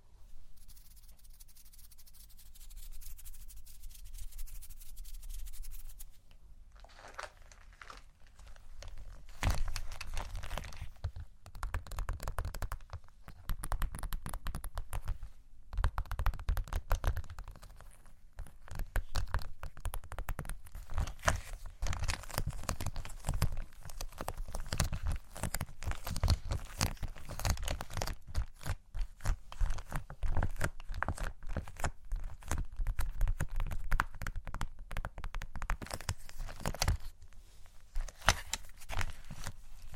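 Microphone brushing and tapping: after a quiet opening of about six seconds with a low hum, dense scratchy rubbing sets in and keeps going to the end. Frequent dull thumps and crinkly, tearing-like strokes come in quick irregular clusters.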